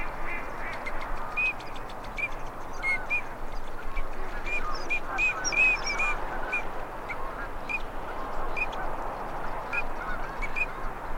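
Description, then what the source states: Duck flock giving repeated short whistles and harsh quacks throughout, several birds overlapping, with constant low background rumble. Male and female migratory ducks.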